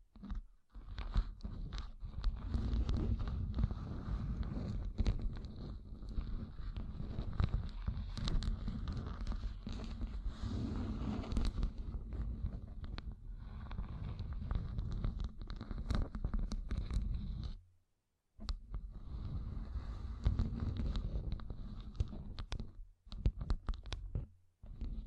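Gem-covered fingertips tap and scratch in a dense, busy stream of crackly clicks over a heavy, rumbling low scrape. The texture stays fairly even until it cuts to silence just before 18 seconds, then resumes with brief dropouts near the end.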